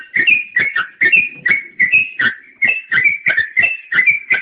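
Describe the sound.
Bird delivering a steady run of quick whistled notes.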